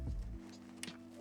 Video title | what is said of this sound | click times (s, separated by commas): RX 7700 XT - Installing the Sapphire PULSE Radeon RX 7700 XT Gaming OC | It clicks right into place perfectly. | 0.8 s